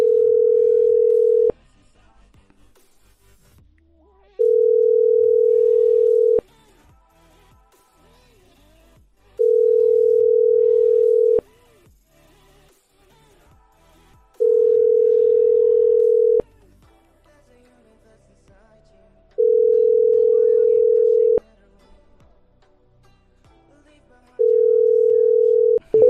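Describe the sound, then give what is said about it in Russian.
A phone's ringback tone repeats six times, each steady mid-pitched buzz lasting about two seconds with roughly three-second gaps, and nobody picks up. Faint clicks and rustles sit in the pauses. “Так, не берет. Сейчас мы еще раз Настене перезвоним, начальнице.”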